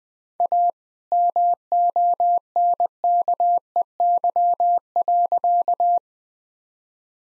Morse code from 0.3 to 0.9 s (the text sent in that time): A